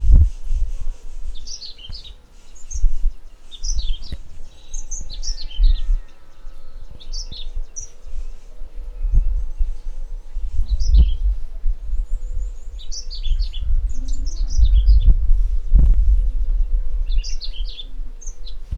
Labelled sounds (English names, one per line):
White-bellied Canary